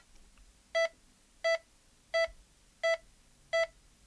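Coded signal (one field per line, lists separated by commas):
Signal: none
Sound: a computer game's beeps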